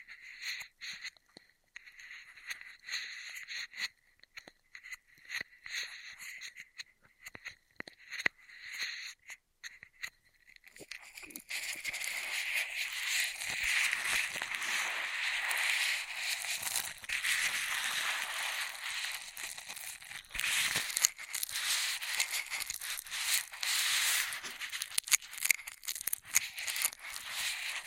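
Straw sounds: for the first ten seconds, sparse crinkly taps and rustles with short gaps, bright and thin. Around eleven seconds it turns into dense, continuous crackling and scratching that stays busy and hissy to the end, with sharper snaps scattered throughout.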